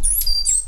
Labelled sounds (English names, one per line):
Stitchbird song